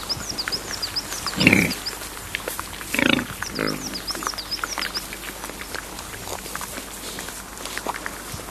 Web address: wild boar